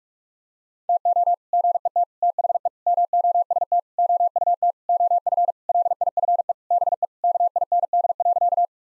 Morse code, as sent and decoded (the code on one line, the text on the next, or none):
- --- / --. . - / - .... . / -- --- ... - / --- ..- - / --- ..-. / .-.. .. ..-. . / -... . / -.- .. -. -.. .-.-.-
TO GET THE MOST OUT OF LIFE BE KIND.